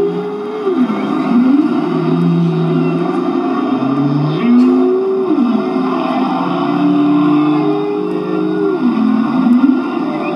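Humpback whale song of long, low moaning tones that slide up and down and swoop between pitches, over a steady background hiss.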